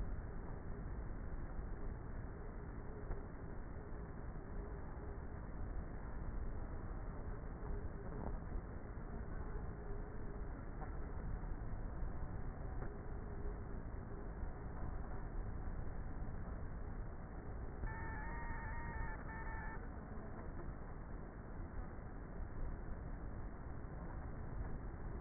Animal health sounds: honeybee colony, microphone inside the hive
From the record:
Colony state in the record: queenless with a low population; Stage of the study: before two queens were removed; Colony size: about 30,000 bees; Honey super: no

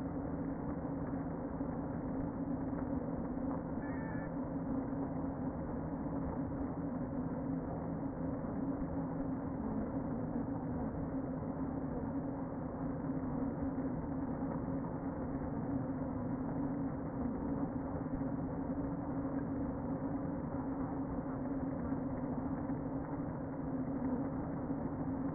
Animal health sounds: honeybee colony, microphone inside the hive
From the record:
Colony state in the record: queen present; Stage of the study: before two queens were removed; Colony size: about 60,000 bees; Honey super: yes

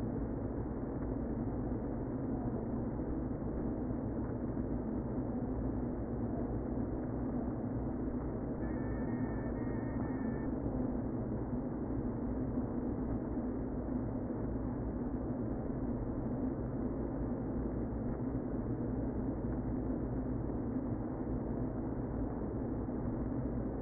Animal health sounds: honeybee colony, microphone inside the hive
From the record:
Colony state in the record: queen present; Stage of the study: before two queens were removed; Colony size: about 60,000 bees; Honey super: yes

